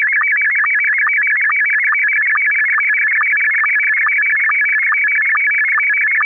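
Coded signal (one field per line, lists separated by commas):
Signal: SSTV (slow-scan television)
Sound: loud warbling tone jumping between two pitches, with regular low sync blips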